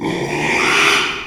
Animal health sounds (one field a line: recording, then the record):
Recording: squeal of a Yucatan mini pig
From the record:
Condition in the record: after surgery on the right vocal fold (resection and tissue-engineered implant)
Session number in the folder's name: 1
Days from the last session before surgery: 6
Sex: male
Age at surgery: 12 weeks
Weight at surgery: 13 kg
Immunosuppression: cyclosporine, prednisolone